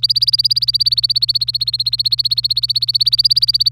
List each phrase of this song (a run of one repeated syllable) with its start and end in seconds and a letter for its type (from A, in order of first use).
0.00-3.71 A